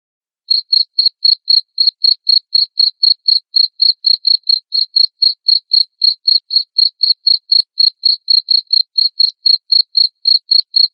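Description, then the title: Cricket chirping loudly, short shrill pulses repeated about four times a second through most of the stretch, no other sounds. Loud cricket chirping played to make lovebirds sing continuously. "Suara JANGKRIK NGERIK Keras Bikin LOVEBIRD Jadi NGEKEK Terus Vubey"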